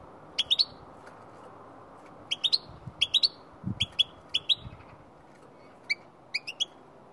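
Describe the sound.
Goldfinch uttering bright, clipped chirps in short groups in a loose series, with a few soft thuds low in the background.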